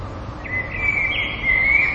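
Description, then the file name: Common blackbird song, a smooth fluted whistle with small upward flicks partway, held steady to the end, with background hiss. "merles"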